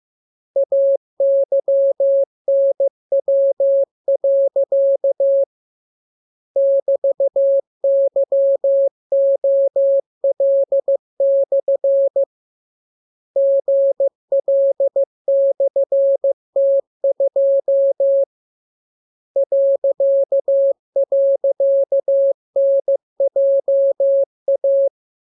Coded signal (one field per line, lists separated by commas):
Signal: Morse code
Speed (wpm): 15 wpm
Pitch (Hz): 550 Hz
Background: none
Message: AYNW. <BT>YOL/ GL/T2 ..NJA